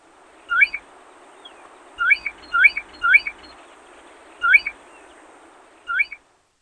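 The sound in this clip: Groove-billed ani calls: several sharp slurred notes, given singly and in a short series, with pauses between.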